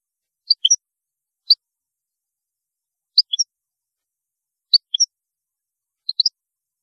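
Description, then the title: European goldfinch giving short high chirps, some paired, in several small clusters spaced over about six seconds. "Chant Chardonneret"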